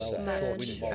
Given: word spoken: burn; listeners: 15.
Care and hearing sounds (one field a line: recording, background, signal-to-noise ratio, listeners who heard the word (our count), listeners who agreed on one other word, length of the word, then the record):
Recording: one English word in noise, from a listening test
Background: four-talker babble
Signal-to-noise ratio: -1.2 dB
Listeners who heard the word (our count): 0 of 15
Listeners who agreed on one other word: 10 of 15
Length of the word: 0.55 s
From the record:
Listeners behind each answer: 10, 1, 1, 1, 1, 1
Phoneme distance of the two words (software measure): 20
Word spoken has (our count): 1 syllable, 3 phonemes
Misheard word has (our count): 1 syllable, 3 phonemes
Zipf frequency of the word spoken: 4.40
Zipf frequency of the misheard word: 3.32